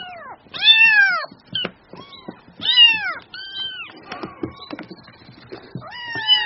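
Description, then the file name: Cat: kitten gives repeated high, curving meows, with small clicks and shuffling between them. Kitten, mewing in a whiny, endearing way. "Tieng meo con keu nung niu de thuong"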